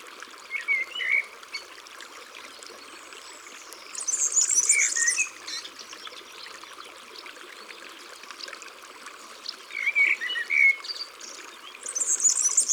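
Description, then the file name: European serin song: high, fizzy, tinkling bursts around four seconds and at the end, with scattered lower chirps and whistles. Singing in the countryside. "Serin cini Chants doiseaux dans la campagne"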